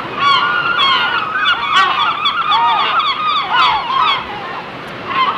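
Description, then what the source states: Gulls calling loudly and continuously, many harsh yelping and mewing cries overlapping in a dense flock chorus. Seagulls on the shore.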